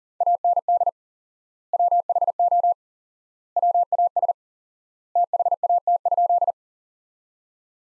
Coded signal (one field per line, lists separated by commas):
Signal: Morse code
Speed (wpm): 40 wpm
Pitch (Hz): 700 Hz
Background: none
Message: AND WHO WAS THAT?